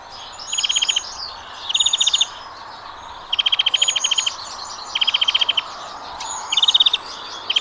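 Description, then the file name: European greenfinch giving short rapid trills of ticking notes, each burst about half a second, repeated every second and a half or so, over a busy twittering background. "Chloris chloris"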